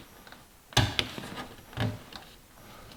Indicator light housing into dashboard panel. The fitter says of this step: and that just snaps into place.